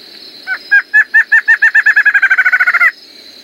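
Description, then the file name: Streak-backed antshrike gives a bouncing series of hooked notes that start spaced, speed up over a couple of seconds and end sharply, with a steady high hum throughout. "Canto do choca de roraima"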